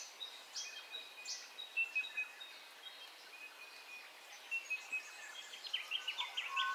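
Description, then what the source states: Birds chirping at dawn, quick sharp high notes in loose rhythmic bursts over a constant chorus of softer song. Dawn ambience of birdcalls, recorded in stereo.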